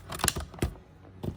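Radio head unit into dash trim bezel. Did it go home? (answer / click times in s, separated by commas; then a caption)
yes / 0.3 s, 0.6 s. A radio head unit assembly for a 2014 GMC Sierra is pushed down into the dash trim bezel until its plastic retaining clips snap in. Sharp plastic snaps ring out at 0.3 s and 0.6 s among softer taps and clicks, with another faint click near the end. The clips snap home and the unit is seated.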